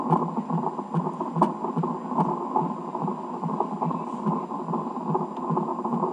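Rapid whooshing Doppler pulses around 140 per minute, a fetal heartbeat within the normal range, recorded at Heath Hospital.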